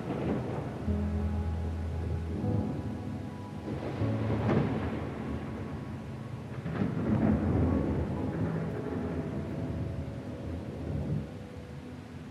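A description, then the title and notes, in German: Thunder rumbles low and continuous under a steady hiss of rain, swelling in heavier rolls around four and seven seconds. Soft sustained musical tones run through the background, with short held notes in the low and middle range. GEWITTER und sanfter MUSIK. Klängen von Donner und Regen sowie sanfter klassischer Musik.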